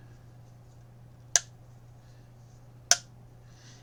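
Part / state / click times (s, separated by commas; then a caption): plastic brick hinge section onto hinge bases of a model house / seated / 1.4 s, 2.9 s. A plastic Lego upper-level front section is lined up and pressed onto the hinge bases above the windows of a model house, giving two sharp snaps at 1.4 s and 2.9 s over a steady low hum. The hinge section snaps into place and is seated.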